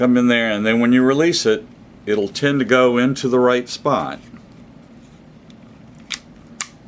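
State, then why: Seated. During reassembly of a metal Smith and Wesson 39-2 semi-auto pistol, the slide is brought onto the frame vertically and released so it drops into position. Someone talks for the first four and a half seconds, then after a quiet stretch with a faint tick at 6.1 s, a sharp metallic click at 6.6 s marks the slide seating on the frame, leaving the pistol ready to go.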